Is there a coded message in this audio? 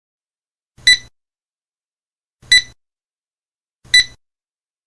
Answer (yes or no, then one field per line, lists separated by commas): no